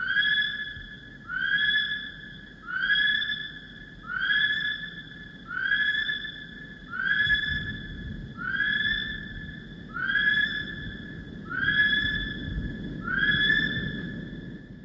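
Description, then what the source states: Kiwi whistling call: a series of about ten shrill, rising whistled notes, one roughly every one and a half seconds, over a low background hiss. Male.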